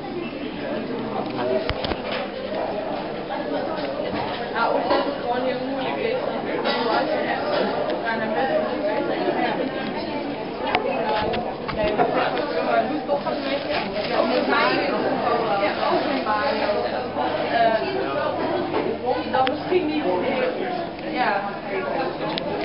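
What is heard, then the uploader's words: Inside a busy café in a bookshop, many overlapping voices blend into a steady, dense murmur with no single speaker standing out. Sharp clicks and clatters of cups and objects pop up irregularly, and a low hum sits underneath toward the end. Starbucks, Waterstones, Bradford (April 2008) by Chris Hester.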